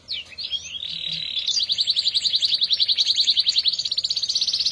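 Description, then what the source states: Canary song: a brief warbled phrase leading into a loud, fast, pulsing trill that runs on steadily to the end. Therapy recording meant to get a canary that has stopped singing to sing again; the bird is described as an F1 canary.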